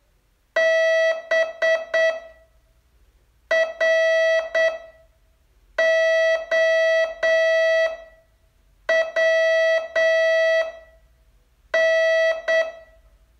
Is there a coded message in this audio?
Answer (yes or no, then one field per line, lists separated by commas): yes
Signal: Morse code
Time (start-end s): 0.6-12.6 s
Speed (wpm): 8 wpm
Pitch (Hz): 650 Hz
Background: none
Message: BROWN